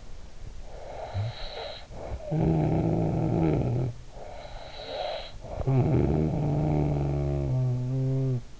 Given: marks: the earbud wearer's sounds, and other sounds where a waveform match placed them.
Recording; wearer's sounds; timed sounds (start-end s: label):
sounds in sleep by an in-ear microphone; snoring breath
0.66-4.11 s: snoring breath
4.19-8.60 s: snoring breath